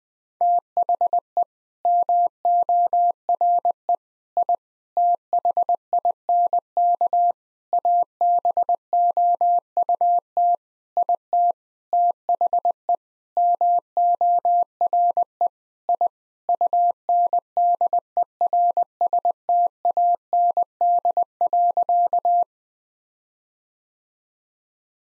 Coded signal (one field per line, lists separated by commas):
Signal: Morse code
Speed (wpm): 20 wpm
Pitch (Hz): 700 Hz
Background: none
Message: THE MORE I THINK ABOUT IT THE MORE I UNDERSTAND.